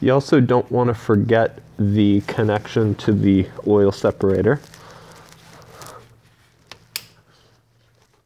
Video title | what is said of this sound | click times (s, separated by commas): How to replace a Knock Sensor on a Porsche 986 (BANK 2 KNOCK SENSOR) | that snaps into place you might have heard it actually click into place there | 7.0 s